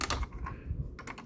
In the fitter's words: just enough leverage to get them loose you can hear them click loose like that so